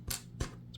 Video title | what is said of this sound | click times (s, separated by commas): Hobby Master 1/72 NASA T-38N Talon HA5409 Model Airplane Review | let's put the canopies back they just snap right into place like so | 0.1 s, 0.4 s